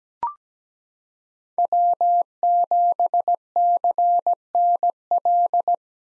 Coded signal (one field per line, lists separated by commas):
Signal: Morse code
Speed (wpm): 17 wpm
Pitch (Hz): 700 Hz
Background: none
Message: W7CNL